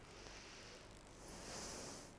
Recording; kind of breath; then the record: one breath in and out by a microphone near the nose and mouth; deep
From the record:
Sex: female